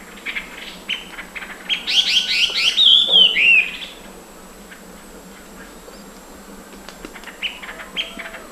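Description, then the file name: Chinese hwamei singing: a burst of rapid, buzzy stacked notes runs into a loud slurred whistle that dips and rises, then softer scattered chirps follow. Subspecies canorus; singing in Beishan, Guangxi, China, on 17 January 2012. "Chinese Hwamei Ssp Canorus Song 120117-001 Guangxi Beishan"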